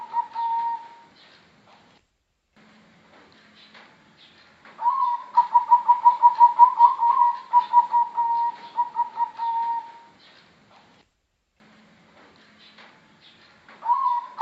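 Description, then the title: Zebra dove coos: a short phrase, a long quiet gap, then an extended run of rapid, rolling notes that fades out. Another phrase starts at the end. Bangkok type zebra dove with a melodious song, used as a masteran tutor for other birds. "mster Mnuk. suara perkutut bangkok merdu untuk masteran"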